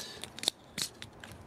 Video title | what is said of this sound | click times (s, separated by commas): Transformers Adventure TAV-37 Megatronus. ﾄﾗﾝｽﾌｫｰﾏｰｱﾄﾞﾍﾞﾝﾁｬｰﾒｶﾞﾄﾛﾅｽ｡ | and you can see that little tab right there in the little tab right there and they snap in place | 0.5 s